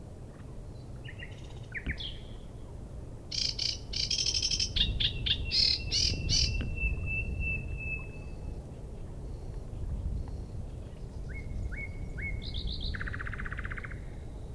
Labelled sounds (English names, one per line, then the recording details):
Common Nightingale song
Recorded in the wild
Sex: male
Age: adult
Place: Schwedt/Oder, Nationalpark Unteres Odertal, Brandenburg, DE
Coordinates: 53.1126, 14.3726
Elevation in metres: 1
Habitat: bush
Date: 2015-04-23 03:41
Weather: clear, 3°C, almost windless
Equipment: Sound Devices 702, Sennheiser MKH 70, Rycote Windschutz
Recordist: Frommolt, Karl-Heinz